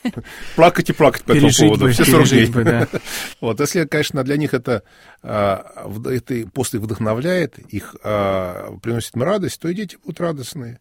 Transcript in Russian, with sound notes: Плакать и плакать по этому поводу — все сорок дней!» (Смеется.) Вот. Если, конечно, для них это... пост и вдохновляет их, приносит им радость, то и дети будут радостные.